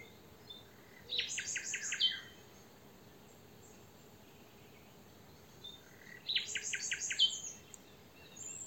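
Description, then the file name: European robin song: two bursts of rapid, high, tinkling notes about five seconds apart, with quiet hiss between them. "Erithacus rubecula"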